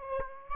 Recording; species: mosquito wingbeat signal from an infrared sensor; Aedes aegypti